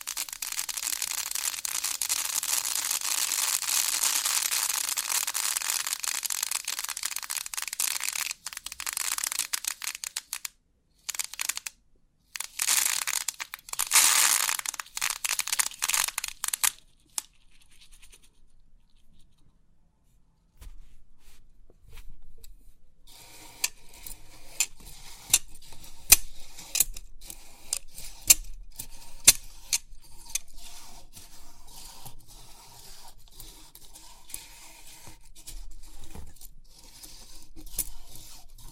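Crisp 3D pin art tingles: a dense, bright rustling hiss of shifting pins fills the first half, broken by short pauses and bursts around ten to seventeen seconds. After a near-silent gap, lighter scattered ticks and clicks take over, quieter and more spaced out.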